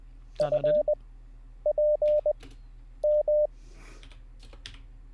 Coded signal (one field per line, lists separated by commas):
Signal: Morse code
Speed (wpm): 20 wpm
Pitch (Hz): 600 Hz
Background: none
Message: F P M